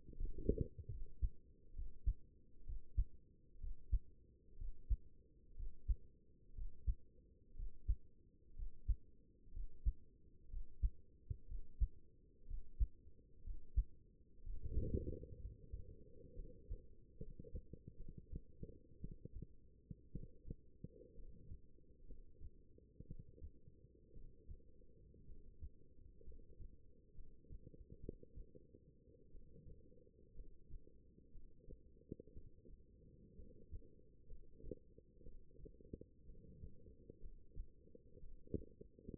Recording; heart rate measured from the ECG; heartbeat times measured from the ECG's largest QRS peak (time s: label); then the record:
heart sounds by stethoscope; 62 bpm
0.15 s: heartbeat
0.89 s: heartbeat
1.74 s: heartbeat
2.64 s: heartbeat
3.59 s: heartbeat
4.56 s: heartbeat
5.55 s: heartbeat
6.53 s: heartbeat
7.54 s: heartbeat
8.54 s: heartbeat
9.52 s: heartbeat
10.48 s: heartbeat
11.46 s: heartbeat
12.46 s: heartbeat
13.42 s: heartbeat
14.42 s: heartbeat
15.38 s: heartbeat
16.34 s: heartbeat
17.17 s: heartbeat
17.96 s: heartbeat
18.99 s: heartbeat
20.10 s: heartbeat
21.13 s: heartbeat
22.05 s: heartbeat
23.06 s: heartbeat
24.12 s: heartbeat
25.25 s: heartbeat
26.23 s: heartbeat
27.14 s: heartbeat
27.99 s: heartbeat
29.30 s: heartbeat
30.33 s: heartbeat
31.31 s: heartbeat
32.32 s: heartbeat
33.35 s: heartbeat
34.26 s: heartbeat
35.22 s: heartbeat
36.25 s: heartbeat
37.19 s: heartbeat
38.19 s: heartbeat
From the record:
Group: healthy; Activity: breath hold 0-14 s, rest 14-39 s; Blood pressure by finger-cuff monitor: 124/82 mmHg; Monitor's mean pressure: 99 mmHg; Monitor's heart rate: 61 bpm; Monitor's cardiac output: 5.6 L/min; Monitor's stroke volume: 88 mL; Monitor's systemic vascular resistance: 1290 dyn s/cm5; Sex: female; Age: 23 years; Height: 160 cm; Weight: 50.4 kg